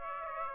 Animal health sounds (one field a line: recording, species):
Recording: mosquito wingbeat signal from an infrared sensor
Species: Aedes aegypti